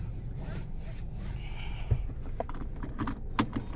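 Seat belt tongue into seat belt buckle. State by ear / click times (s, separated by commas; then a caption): seated / 3.4 s. A driver fastens a car seat belt, pushing the metal tongue into the plastic buckle until it latches. Faint rustling and small taps come first, and someone talks. The buckle clicks home at 3.4 s, a sharp, bright click, followed by a softer tap.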